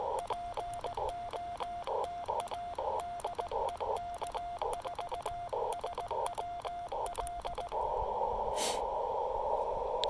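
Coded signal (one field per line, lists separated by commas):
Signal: Morse code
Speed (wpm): 17 wpm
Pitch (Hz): 700 Hz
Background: radio noise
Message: POTA DE K4SWL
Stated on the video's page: Park activation using a Yaesu FT-817ND, LDG Z-100 Plus tuner and Chameleon Emcomm III portable antenna.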